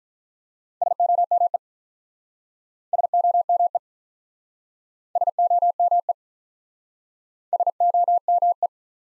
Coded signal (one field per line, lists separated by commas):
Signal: Morse code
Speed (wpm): 48 wpm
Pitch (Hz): 700 Hz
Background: none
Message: SOME SOME SOME SOME